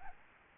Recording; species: mosquito wingbeat signal from an infrared sensor; Aedes albopictus